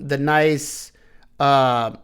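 A CIVIVI Elementum fixed blade knife is being handled with its molded sheath while someone talks. The knife has not yet been pushed home, and nothing has seated or clicked into the sheath's retention.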